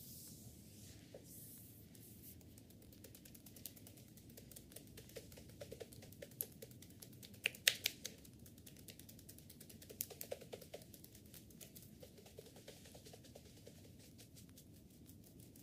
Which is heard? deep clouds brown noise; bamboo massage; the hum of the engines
bamboo massage